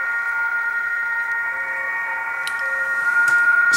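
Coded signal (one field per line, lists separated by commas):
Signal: PSK31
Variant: BPSK31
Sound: several steady warbling tones at once, like thin buzzy whistles over hiss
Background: radio static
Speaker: this is what bpsk k31 sounds like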